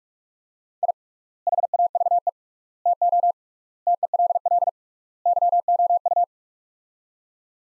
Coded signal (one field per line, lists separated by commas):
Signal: Morse code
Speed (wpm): 41 wpm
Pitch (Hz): 700 Hz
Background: none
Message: I HAVE TO TELL YOU